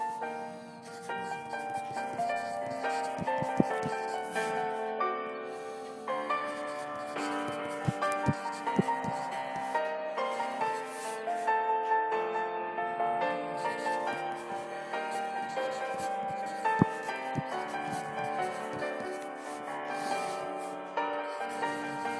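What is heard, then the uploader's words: Piano plays a steady, flowing study-session tune with overlapping sustained notes in the middle range and a gentle, even loudness throughout. Small sharp pencil taps and scratches land irregularly on top every second or two. It was actually 4:30 or so in the morning when I recorded this.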